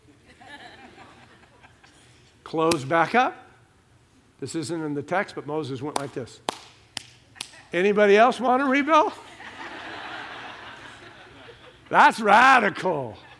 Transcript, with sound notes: It closed back up. This isn’t in the text but Moses went like this (slapping hands (slapping hands together) together),“Anybody else want to rebel?” That's radical!